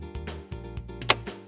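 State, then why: Seated. The plastic lint filter of a Hitachi BW 9MV washing machine is pushed back into the drum wall, bottom tab first, then pressed firmly so it will not come loose while the machine runs. Soft handling knocks come at about 0.3 s and 1.3 s over a steady low hum, and a sharp click at 1.1 s marks the filter snapping into place, seated.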